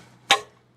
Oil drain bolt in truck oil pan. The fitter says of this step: elbow grease here that little click there we go we are loose